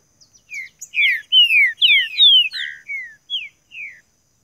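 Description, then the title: Green-winged saltator delivering a rapid string of bright, descending whistled notes, loud in the middle and tapering off toward the end. Song played to warm up a competition bird, calling, singing and showing male challenge behaviour. "Esse É PERFEITO Para ESQUENTAR Seu TRINCA Piando, Cantando E Macheando Na DISPUTA. TRINCA FERRO CANTANDO MUITO PARA ESQUENTAR TRINCA FERRO"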